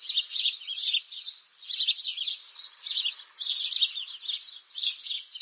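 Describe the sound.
Sparrow: lively chirping in clustered bursts of quick, high notes, with short quiet breaks between.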